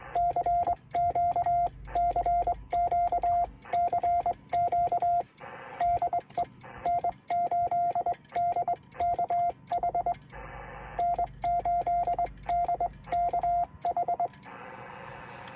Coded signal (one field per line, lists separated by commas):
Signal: Morse code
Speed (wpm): 22 wpm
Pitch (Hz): 700 Hz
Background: radio noise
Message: CQ CQ CQ DE N8DKH N8DKH